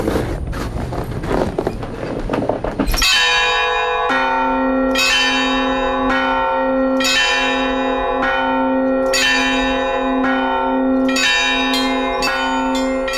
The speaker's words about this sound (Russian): Нынешний колокольный набор кажется попросту миниатюрным в сравнении с прежним. И чтобы справиться с ним, нужны лишь 2 звонаря.